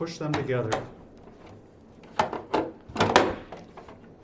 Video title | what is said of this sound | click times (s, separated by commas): HDP5000 Double Hopper 089270 | and you could hear it snap in | 3.2 s